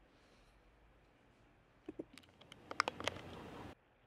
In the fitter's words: it in an angle and then just press the back end until you hear a click